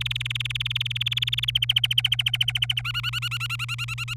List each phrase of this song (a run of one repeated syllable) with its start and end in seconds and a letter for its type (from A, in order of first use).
0.00-1.50 A, 1.55-2.81 B, 2.84-4.14 C